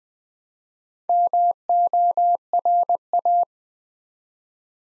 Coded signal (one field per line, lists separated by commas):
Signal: Morse code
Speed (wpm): 20 wpm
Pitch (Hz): 700 Hz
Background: none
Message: MORA